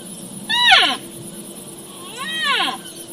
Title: Early Rut Total Eclipse Elk Vocalizations